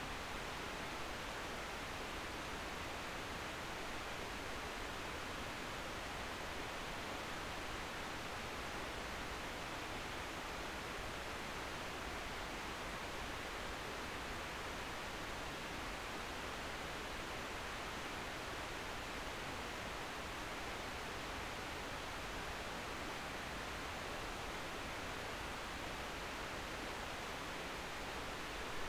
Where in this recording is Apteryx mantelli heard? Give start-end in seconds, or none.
none